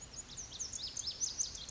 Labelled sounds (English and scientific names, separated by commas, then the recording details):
Lazuli Bunting (Passerina amoena)
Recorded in Sonoma County, California